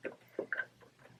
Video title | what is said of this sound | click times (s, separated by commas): What a Difference Paint Makes?! -- Living With Honey Oak Series -- Part 3 -- 2020 | and you kind of hear a click or um you know and then there's one more hole right there | 0.5 s